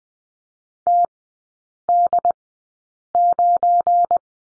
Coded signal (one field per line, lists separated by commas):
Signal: Morse code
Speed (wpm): 20 wpm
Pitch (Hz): 700 Hz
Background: none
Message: TD9